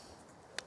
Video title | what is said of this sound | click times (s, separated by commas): Superdrug Beauty Haul | I don't feel too bad but me slightly concerned you can hear it clicking though which is always good so so | 0.6 s